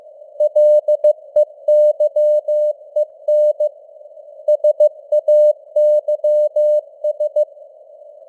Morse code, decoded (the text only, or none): LEYEN SAYS